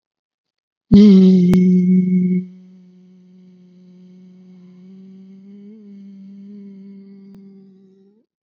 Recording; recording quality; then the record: sustained vowel as in beet; excellent, no background noise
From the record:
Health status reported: COVID-19 positive, mild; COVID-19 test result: positive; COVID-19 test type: RT-PCR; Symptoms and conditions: cough, fever, muscle pain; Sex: male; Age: 41 years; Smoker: no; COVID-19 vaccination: both doses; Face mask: worn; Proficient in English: yes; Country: India